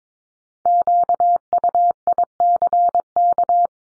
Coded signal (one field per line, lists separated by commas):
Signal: Morse code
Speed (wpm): 22 wpm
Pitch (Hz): 700 Hz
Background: none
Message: QUICK